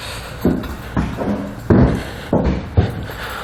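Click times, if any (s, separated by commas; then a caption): none. The steel fifth-wheel hitch head of a B and W Companion OEM 5th wheel hitch on a 2019 GMC Sierra 3500 is lifted by its side handles and carried toward the pivot-arm bushings of the hitch base. Dull metallic knocks and clanks sound as it is handled, the sharpest at about 1.0 s, 1.7 s and 2.3 s. The head has not yet been lined up or set into place, and nothing has latched or clicked yet.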